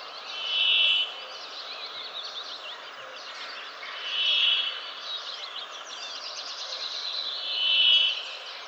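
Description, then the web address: Brambling wheezing calls, a long buzzy note repeated three times, roughly every three and a half seconds, over soft chirping of other birds. "Fugle Kvaekerfinke"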